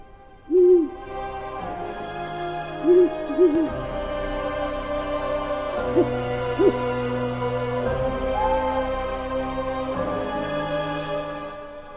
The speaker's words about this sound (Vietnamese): Cùng lúc đó, anh Nam ở nhà đang xem tivi, bất chợt tự nhiên ấy, có cái con cú mèo ở đâu, nó bay đến, nó đậu ngay cánh cửa trong nhà, nó kêu thất thanh 7 tiếng.